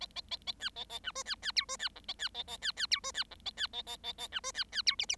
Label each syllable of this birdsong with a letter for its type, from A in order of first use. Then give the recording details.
A A A A B A A C D B B E D B F A B A A B B E D B F A B A A A A C D B B E G G. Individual Bird7